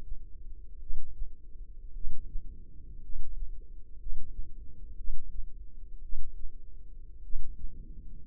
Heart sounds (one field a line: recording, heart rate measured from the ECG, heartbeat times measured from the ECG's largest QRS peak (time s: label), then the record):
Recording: heart sounds by microphone in the left ear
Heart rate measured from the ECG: 56 bpm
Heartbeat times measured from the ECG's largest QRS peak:
0.78 s: heartbeat
1.92 s: heartbeat
3.00 s: heartbeat
3.97 s: heartbeat
4.95 s: heartbeat
6.00 s: heartbeat
7.21 s: heartbeat
From the record:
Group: healthy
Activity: rest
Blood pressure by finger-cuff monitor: 132/63 mmHg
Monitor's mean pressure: 82 mmHg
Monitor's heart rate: 57 bpm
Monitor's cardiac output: 5.7 L/min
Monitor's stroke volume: 100 mL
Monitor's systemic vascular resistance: 1030 dyn s/cm5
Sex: male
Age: 25 years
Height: 170 cm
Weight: 70.4 kg